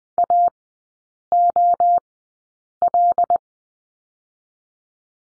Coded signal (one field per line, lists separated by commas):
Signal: Morse code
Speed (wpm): 20 wpm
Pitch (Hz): 700 Hz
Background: none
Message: AOL